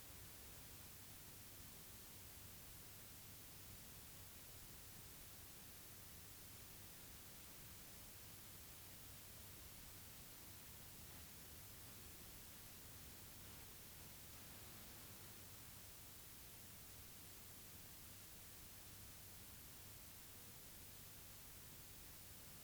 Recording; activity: daily activity, guitar pickup as the sensor; sit